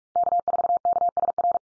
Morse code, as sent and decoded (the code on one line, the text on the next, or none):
-.- ....- -.- ... .-.
K4KSR